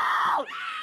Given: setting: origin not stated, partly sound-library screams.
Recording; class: one-second piece from a danger detection set; woman in danger